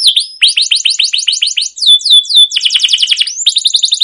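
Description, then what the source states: Canary song: a rapid series of downward-sweeping whistled notes, shifting into faster trills, continuous and loud. Canary's long rolling song with chirping notes, used as a lure recording to stimulate other canaries to sing.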